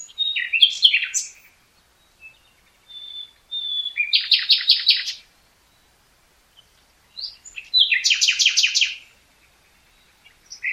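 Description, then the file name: Common nightingale song: loud phrases of rich notes, a long pure whistle, then a fast stuttering trill, with quiet gaps between phrases. "Luscinia megarhynchos"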